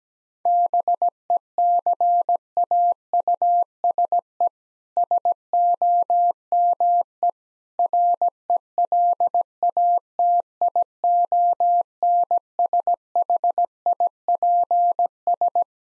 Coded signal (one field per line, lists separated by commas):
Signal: Morse code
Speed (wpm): 17 wpm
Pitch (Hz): 700 Hz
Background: none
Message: BECAUSE SOME RELATIONSHIPS